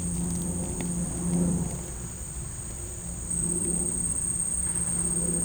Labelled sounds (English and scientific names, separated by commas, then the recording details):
none
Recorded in secondary vegetation near Puerto Asís, Putumayo, Colombia, on 26 December 2024 at 11:00
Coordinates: 0.484, -76.319
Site GP06